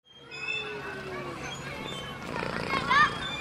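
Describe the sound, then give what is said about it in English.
A gray and white cat meows, a drawn-out tonal cry that slides downward, followed by a brighter, wavering mew near the end as the sound swells slightly louder. “Is it a dog or a cat? It's a cat.”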